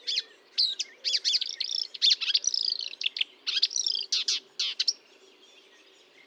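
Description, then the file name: Marsh warbler song, a fast jumble of varied chattering notes, buzzy trills and sharp whistles, delivered in bursts with brief pauses. Fontaine-Française, Fourneau site, 1 June 2022 at 10:55; recorded with a Nagra recorder and Telinga microphone. "Rousserolle verderolle 1055 Fontaine-Francaise-Fourneau"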